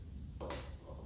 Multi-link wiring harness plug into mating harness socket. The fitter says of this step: did you hear click you have the here click right that